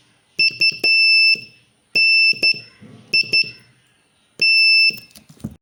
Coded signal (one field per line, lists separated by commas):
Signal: Morse code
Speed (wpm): 12 wpm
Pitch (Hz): 2650 Hz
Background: none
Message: UNIT